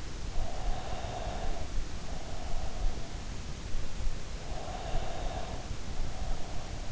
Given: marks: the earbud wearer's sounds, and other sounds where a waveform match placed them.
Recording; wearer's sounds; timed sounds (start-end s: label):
sounds in sleep by an in-ear microphone; breath
0.46-2.69 s: breath
4.46-6.92 s: breath